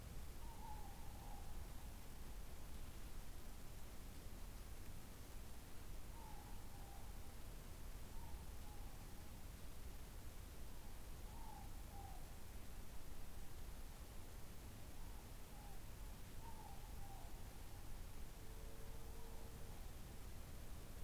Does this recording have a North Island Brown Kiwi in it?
no